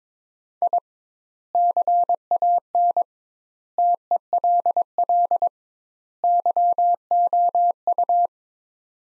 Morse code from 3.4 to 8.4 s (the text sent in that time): TELL YOU